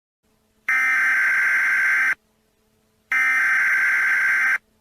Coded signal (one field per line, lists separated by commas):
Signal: Emergency Alert System (SAME) tones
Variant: header bursts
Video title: Emergency broadcast EAS SCENARIO | Tornado